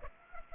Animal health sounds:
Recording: mosquito wingbeat signal from an infrared sensor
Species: Aedes aegypti

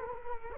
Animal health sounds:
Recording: mosquito wingbeat signal from an infrared sensor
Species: Culex quinquefasciatus

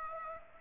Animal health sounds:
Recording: mosquito wingbeat signal from an infrared sensor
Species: Aedes aegypti

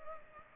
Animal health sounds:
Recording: mosquito wingbeat signal from an infrared sensor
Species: Culex pipiens

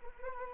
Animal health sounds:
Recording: mosquito wingbeat signal from an infrared sensor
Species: Anopheles arabiensis

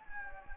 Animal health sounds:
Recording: mosquito wingbeat signal from an infrared sensor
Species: Anopheles gambiae

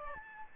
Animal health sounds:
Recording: mosquito wingbeat signal from an infrared sensor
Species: Aedes albopictus

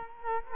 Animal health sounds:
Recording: mosquito wingbeat signal from an infrared sensor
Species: Culex quinquefasciatus

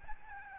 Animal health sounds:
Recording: mosquito wingbeat signal from an infrared sensor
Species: Aedes albopictus

